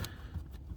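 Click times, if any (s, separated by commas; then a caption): none. While replacing the front wheel bearing hub on a 2019 F-150 4x4, the plastic wheel-speed sensor connector is pushed one-handed toward its wiring harness plug. A brief sharp tick at 0.1 s is followed by low, steady handling noise. Nothing has seated or clicked yet.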